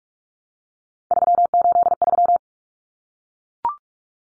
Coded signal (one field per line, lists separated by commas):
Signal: Morse code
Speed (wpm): 44 wpm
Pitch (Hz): 700 Hz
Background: none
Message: 383